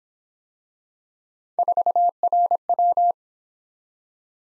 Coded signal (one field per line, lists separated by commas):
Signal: Morse code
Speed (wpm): 23 wpm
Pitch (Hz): 700 Hz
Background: none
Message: 4RW